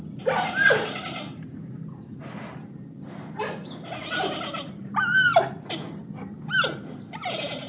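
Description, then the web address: Panda bleating calls, several harmonic rising and falling bleats with short squeaky notes in between, spaced irregularly over a steady low background rumble. Panda sitting in a zoo. "suoni di un panda suono emesso da un panda seduto allo zoo"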